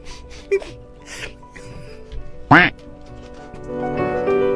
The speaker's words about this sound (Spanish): Apareció el ganso por ahí.